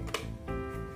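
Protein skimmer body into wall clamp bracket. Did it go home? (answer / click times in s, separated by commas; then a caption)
no / none. The lower part of a protein skimmer is inserted from below into its plastic wall clamp bracket and pushed upward, producing brief handling taps around 0.1 s over steady background music. Nothing has seated or locked into the bracket yet.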